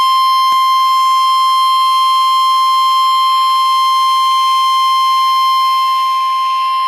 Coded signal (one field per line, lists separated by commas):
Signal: Emergency Alert System (SAME) tones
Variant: 1050 Hz attention tone